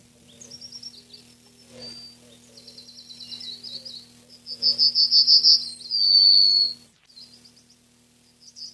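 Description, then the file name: Yellowhammer song: quieter phrases give way to a loud series of rapid high notes closed by one long drawn-out note, with fainter chirps around it. "Ecitrinella"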